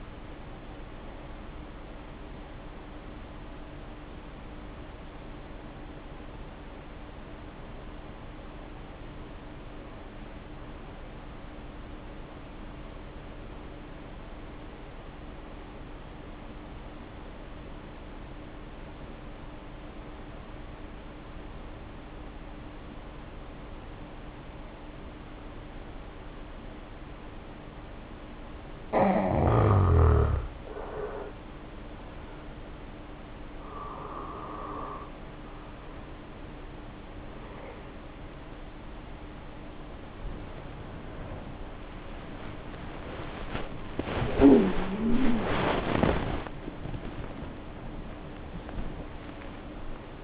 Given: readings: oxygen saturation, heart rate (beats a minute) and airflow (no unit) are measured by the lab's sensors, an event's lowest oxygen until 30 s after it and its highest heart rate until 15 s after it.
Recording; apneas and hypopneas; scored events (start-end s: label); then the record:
breathing in sleep by a voice recorder at the bedside; 1
3.00-38.10 s: hypopnea (N1, oxygen 94% highest, then 72% lowest, heart rate 51 at the start, 82 highest)
16.00-46.00 s: new sleep stage, N2 (light sleep)
46.00-50.24 s: new sleep stage, awake
From the record:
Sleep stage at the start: N1 (lightest sleep); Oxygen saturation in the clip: 75 to 94%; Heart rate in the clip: 49 to 82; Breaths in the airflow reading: 9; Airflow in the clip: -10.5 to 3.8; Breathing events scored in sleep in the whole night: 520 in 7.2 hours asleep